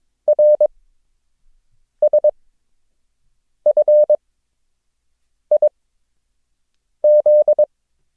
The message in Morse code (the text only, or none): RSFIZ